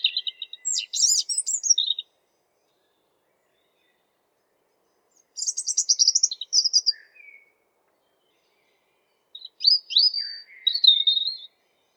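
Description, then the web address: European robin song in three separate phrases, each a rippling mix of high thin notes and twittering trills, with silent gaps of a few seconds between them. "geluiden roodborst zang"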